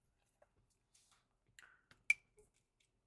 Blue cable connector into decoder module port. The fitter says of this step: Once they've clipped in, guys, and you can hear them on there, now